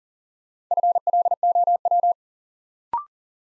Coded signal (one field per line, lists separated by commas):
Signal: Morse code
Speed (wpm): 40 wpm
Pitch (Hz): 700 Hz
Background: none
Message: FLOW